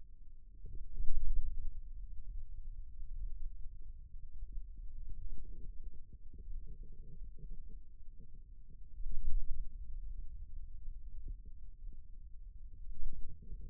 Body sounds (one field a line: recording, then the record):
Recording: forearm muscle sounds (acoustic myography)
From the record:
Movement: ulnar deviation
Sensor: system 2, bracelet of six BSWA MPA416 microphones around the upper forearm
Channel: 2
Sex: male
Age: 22 years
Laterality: right